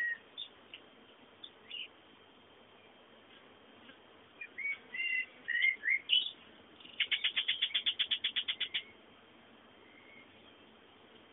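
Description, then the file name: Bird calls, scattered chirps and short warbles, then a rapid, evenly spaced run of many high notes, over steady background hiss. "fondo pajaros"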